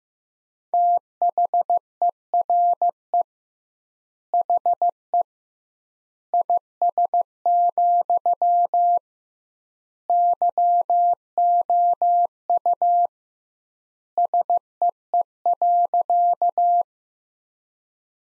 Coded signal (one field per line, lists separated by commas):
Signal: Morse code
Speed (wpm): 15 wpm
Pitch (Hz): 700 Hz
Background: none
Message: THERE HE IS, YOU SEE.